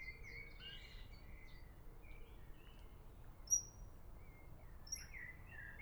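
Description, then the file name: Eurasian otter whistles, drawn-out, gently sliding notes at the start and again near the end, with a few short piercing chirps in between over low background noise. Whistle calls given while swimming. "European Otter Whistle Calls While Swimming"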